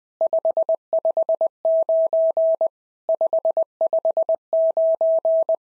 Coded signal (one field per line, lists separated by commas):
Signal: Morse code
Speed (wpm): 20 wpm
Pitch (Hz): 650 Hz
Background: none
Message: 559 559